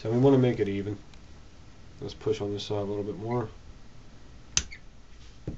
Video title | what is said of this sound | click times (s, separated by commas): new Glock parts & gun show | There. It clicked right in. | 4.6 s